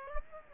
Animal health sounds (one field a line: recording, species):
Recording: mosquito wingbeat signal from an infrared sensor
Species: Aedes aegypti